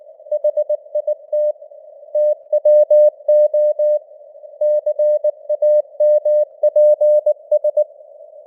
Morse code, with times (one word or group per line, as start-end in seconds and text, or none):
0.3-1.5 HIT
2.2-4.0 TWO
4.6-7.8 CAMPS